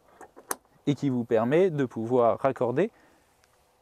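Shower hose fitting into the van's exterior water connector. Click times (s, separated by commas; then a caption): 0.5 s. A small lug on the shower hose fitting of a Volkswagen Canterbury van's exterior shower is clipped into the water connector, giving a sharp click at 0.5 s, followed by faint ticks. Someone then talks, and the fitting is seated, connected and watertight.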